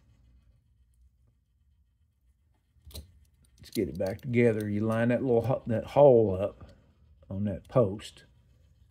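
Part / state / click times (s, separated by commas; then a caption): small part of a diecast toy vehicle onto its locating post / not seated / none. A small part of a 1960s Husky Toys by Corgi of Great Britain 1:64-scale diecast toy vehicle (issued 1964–1970) is handled during reassembly, with the hole in the part being lined up on its locating post. After near silence, faint handling ticks come at about 3.0 s and 3.5 s, then someone talks. Nothing has seated or clicked yet.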